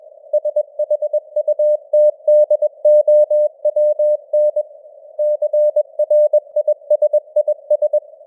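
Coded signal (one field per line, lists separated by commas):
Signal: Morse code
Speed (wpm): 21 wpm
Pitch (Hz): 600 Hz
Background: none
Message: SHUTDOWN CRISIS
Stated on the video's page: Simulated Morse news broadcast at 21 wpm with artificial radio noise and varying signal strength (QSB).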